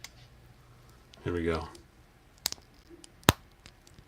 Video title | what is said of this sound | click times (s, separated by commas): King Grayskull must have chosen the WRONG glass panel in Squid Games! Fixing a Broken MOTUC Figure | so make sure you get a really good heat up on it and listen I'll put it by the microphone so you guys can hear the hear the click | 2.5 s, 3.3 s